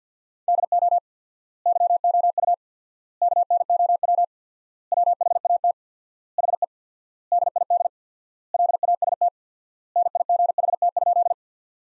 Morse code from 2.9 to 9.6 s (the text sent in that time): KNOW WHAT HE DID LAST